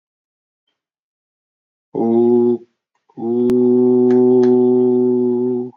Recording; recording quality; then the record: sustained vowel as in boot; excellent, no background noise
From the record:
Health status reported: recovered from COVID-19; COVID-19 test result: positive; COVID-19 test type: RT-PCR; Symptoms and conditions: cough, another respiratory illness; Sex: male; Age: 53 years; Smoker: no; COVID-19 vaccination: both doses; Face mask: not worn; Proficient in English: yes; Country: India